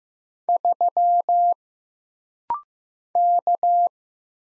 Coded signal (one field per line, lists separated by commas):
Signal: Morse code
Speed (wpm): 15 wpm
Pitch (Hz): 700 Hz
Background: none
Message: 3 K